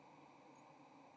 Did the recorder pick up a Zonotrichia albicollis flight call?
no